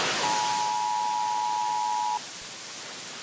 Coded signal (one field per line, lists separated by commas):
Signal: Emergency Alert System (SAME) tones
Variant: 853 and 960 Hz attention tone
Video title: Every EAS video I've made (so far)